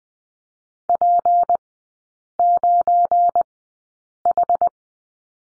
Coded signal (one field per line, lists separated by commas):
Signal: Morse code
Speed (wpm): 20 wpm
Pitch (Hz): 700 Hz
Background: none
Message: P9H